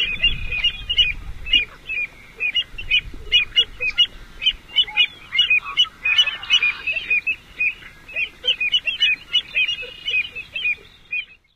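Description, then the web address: American avocet calls: loud, clipped high notes repeated in rhythmic series, with a brief rougher note midway. "Songs of Birds of North America Know Your Bird Sounds. American Avocet"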